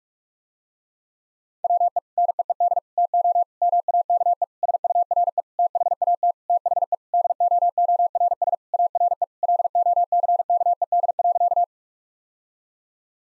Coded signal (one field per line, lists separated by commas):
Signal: Morse code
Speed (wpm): 46 wpm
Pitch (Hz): 700 Hz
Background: none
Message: WE NEED TO MAKE SURE THAT THE DOORS ARE LOCKED.